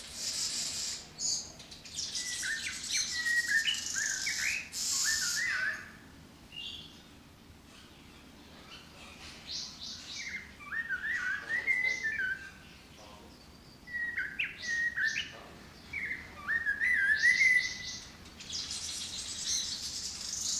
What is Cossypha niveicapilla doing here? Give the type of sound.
song